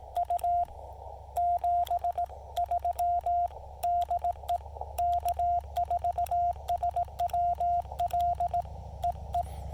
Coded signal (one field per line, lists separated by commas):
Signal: Morse code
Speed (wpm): 18 wpm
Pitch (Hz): 700 Hz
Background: radio noise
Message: U 73 DE K4SWL EE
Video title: A QRP CW activation of Pilot Mountain State Park w/the Yaesu FT-817ND, Elecraft T1, and some wire!